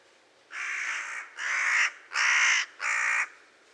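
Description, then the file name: Carrion crow giving four harsh, hoarse caws in a steady series, each roughly half a second to a second long, over a quiet background. "Corvus corone"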